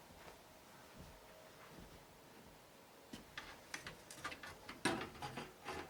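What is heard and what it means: After a CPU cooler swap during a PC fan replacement on an AMD 4 socket system, a graphics card is pushed back into its PCIe slot on the motherboard. Three quiet seconds of faint handling give way to a run of sharp plastic-and-metal knocks and ticks from about 3.1 s. The loudest snap at 4.9 s is the slot latch as the card seats.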